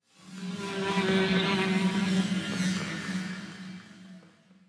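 Bee buzzing, a steady low droning hum that swells in, holds for several seconds and fades away.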